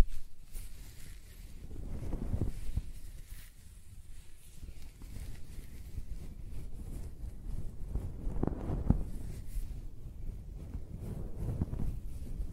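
Close-up hair rubbing and stroking makes a soft, rumbling rustle that swells in slow waves near two, nine and eleven seconds.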